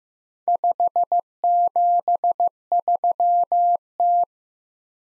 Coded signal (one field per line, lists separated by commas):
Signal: Morse code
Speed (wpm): 15 wpm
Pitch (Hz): 700 Hz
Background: none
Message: 573T